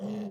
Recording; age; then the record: pig call; piglet (1 to 25 days)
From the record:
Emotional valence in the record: negative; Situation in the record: short isolation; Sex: male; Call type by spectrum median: low-frequency call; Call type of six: low-frequency modulated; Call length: 0.30 s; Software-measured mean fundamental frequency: 52 Hz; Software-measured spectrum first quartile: 204 Hz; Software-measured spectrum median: 273 Hz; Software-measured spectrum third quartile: 556 Hz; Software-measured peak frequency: 200 Hz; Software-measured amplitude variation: 57 dB a second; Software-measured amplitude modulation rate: 18.1 a second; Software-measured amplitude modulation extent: 3.2 dB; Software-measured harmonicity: 8.3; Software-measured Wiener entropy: -0.38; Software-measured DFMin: 927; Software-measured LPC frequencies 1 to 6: 1861, 2851, 3298, 4211, 5385, 6525 Hz